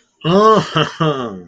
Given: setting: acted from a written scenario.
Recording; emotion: vocal sound without words; adoration